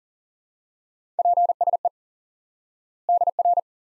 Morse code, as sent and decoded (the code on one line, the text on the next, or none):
.--. ... . / -.. .-.
PSE DR